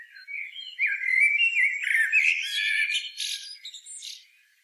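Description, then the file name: Eurasian blackbird giving one continuous phrase of mellow warbling that climbs into a thin, squeaky twitter before fading out. "Turdus merula"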